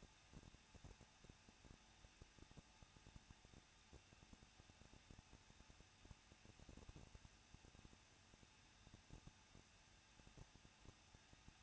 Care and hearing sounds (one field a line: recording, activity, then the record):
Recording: daily activity, microphone in the room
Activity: no activity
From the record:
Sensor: 2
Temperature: 21.0 degrees Celsius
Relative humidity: 37.4%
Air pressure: 1006.2 hPa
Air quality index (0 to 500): 222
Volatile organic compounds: 24 ppm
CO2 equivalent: 2812 ppm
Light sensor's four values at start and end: 2/3/2/2 and 2/3/2/2